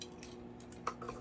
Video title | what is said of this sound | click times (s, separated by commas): (Ohsama Sentai King-Ohger) Review of King-Ohger Megazord | just make sure the wings are out of the way and then it will click into place | 0.9 s